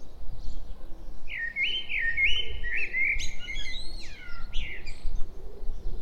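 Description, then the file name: Common blackbird delivering a single mellow, rolling whistled phrase that breaks into high squeaky notes, above a low rumbling background. "Turdus merula"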